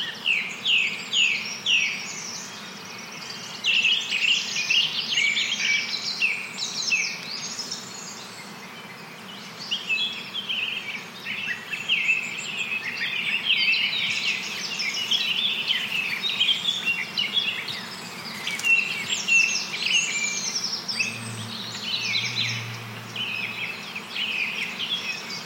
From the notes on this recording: Soundscapes from different forests around the world